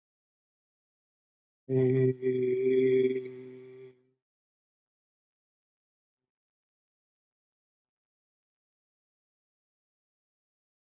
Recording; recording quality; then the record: sustained vowel as in made; excellent, no background noise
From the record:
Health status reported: COVID-19 positive, mild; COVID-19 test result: positive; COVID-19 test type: RT-PCR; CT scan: not taken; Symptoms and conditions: cough, cold, fatigue, diarrhoea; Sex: male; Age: 23 years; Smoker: no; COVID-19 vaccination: both doses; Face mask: not worn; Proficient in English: yes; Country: India